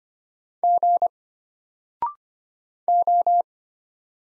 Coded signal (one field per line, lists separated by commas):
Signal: Morse code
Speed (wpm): 25 wpm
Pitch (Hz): 700 Hz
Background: none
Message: G O